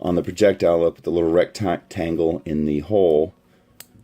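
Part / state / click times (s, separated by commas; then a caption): plastic projectile into action figure launcher hole / seated / 3.8 s. Someone talks for about three seconds while lining up the notch on a plastic projectile with the small rectangular slot in the round hole of a Darth Vader (Rogue One) action figure's launcher. After a pause, the projectile is pushed in and a short, sharp click sounds at 3.8 s, seating it in the launcher hole and holding it in place.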